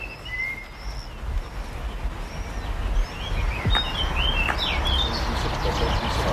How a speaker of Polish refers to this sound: Pięknie śpiewają ptaki. I znowu jesteśmy pod domem w Lewinie